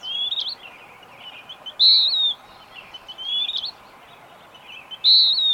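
Bird singing bright falling whistled phrases alternating with upslurred sweeps, repeated, with background hiss.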